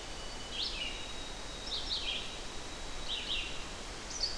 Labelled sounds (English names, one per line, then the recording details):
Red-eyed Vireo song
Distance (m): 30 m
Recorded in boreal forest in Alberta, Canada, on 12 June 2016 at 06:38
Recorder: SongMeter 3, array SBT-3-18
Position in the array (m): 234 m, 97 m